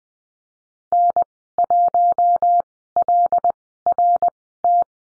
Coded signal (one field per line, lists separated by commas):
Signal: Morse code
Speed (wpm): 20 wpm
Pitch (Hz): 700 Hz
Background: none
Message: N1LRT